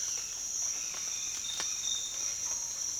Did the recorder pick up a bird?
no